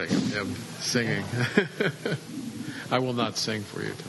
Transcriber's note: laughter